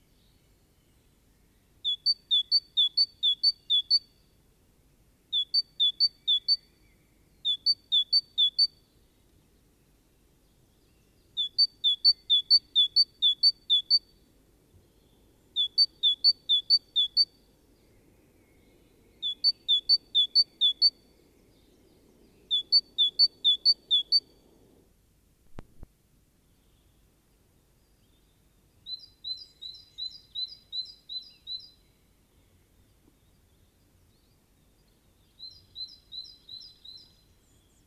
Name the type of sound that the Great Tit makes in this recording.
song